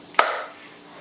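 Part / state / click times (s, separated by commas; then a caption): handgun into holster trigger-guard retention / seated / 0.2 s. A handgun is pushed into a molded holster, likely Kydex, with adjustable trigger-guard retention. A faint contact at 0.1 s leads into a sharp, bright click at 0.2 s that rings briefly and fades by about 0.5 s. The click shows the pistol is seated in the holster.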